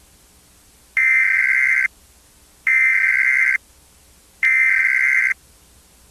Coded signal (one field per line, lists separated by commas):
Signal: Emergency Alert System (SAME) tones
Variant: header bursts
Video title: November 11th EAS Test (Scenario / Fan-made)